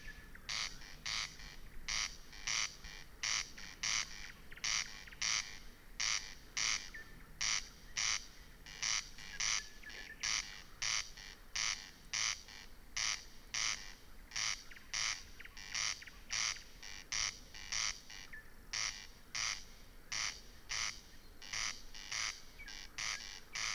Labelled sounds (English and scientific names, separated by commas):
Corn Crake (Crex crex)